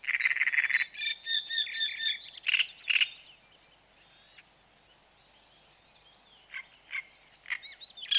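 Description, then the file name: Great reed warbler song with a rattling, croaky opening, harsh repeated notes, a quieter gap, then more grating phrases over a noticeable background hiss. "Grotekarekiet"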